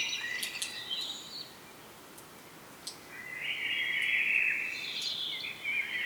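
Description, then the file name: Common blackbird, high thin twittering notes followed after a pause by a smooth warbled phrase and more high squeaky notes, over steady hiss. "Turdus merula"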